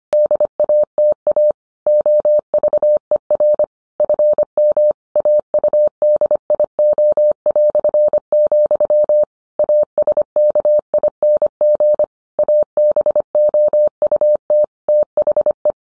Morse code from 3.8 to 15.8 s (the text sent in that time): FM AUDIO", ASKING ABOUT THE